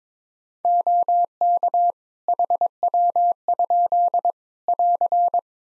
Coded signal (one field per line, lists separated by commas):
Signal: Morse code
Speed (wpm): 22 wpm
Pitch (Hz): 700 Hz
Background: none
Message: OK HW? <AR>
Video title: Practice QSO - Complete One-Sided - 22wpm